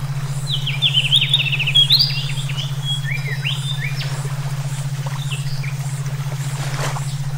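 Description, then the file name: Songbird song: rapid sweeping and chirped whistles in a busy phrase around the first two seconds, then scattered sharp notes, over a steady low pulsing hum. Brainwave therapy mix for training songbirds (omkicau). "terapi brainwave omkicau"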